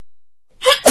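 After a stretch of silence comes a single quick, high-pitched sneeze from an infant. A brief, faintly voiced intake leads into a sharp, breathy burst in two close parts. An ordinary baby sneeze.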